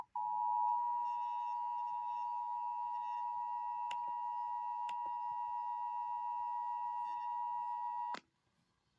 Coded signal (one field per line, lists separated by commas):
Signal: Emergency Alert System (SAME) tones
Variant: 853 and 960 Hz attention tone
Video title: EAS- San Luis Obispo Required Monthly Test (RMT) captured off of KJJG Stream (3/6/25)